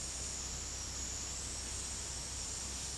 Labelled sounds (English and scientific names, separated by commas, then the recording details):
none
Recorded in secondary vegetation near Puerto Asís, Putumayo, Colombia, on 20 February 2024 at 15:30
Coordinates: 0.489, -76.322
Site G6419